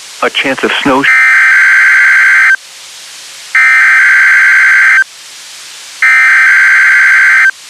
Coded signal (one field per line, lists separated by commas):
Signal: Emergency Alert System (SAME) tones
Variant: header bursts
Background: speech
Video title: NWR Weekly Tests (2/9/22)(EAS 1087-1088)